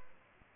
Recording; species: mosquito wingbeat signal from an infrared sensor; Aedes aegypti